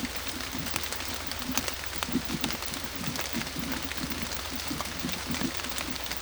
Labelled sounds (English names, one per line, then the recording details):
none
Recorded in secondary vegetation near Puerto Asís, Putumayo, Colombia, on 22 December 2024 at 18:00
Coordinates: 0.468, -76.324
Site G095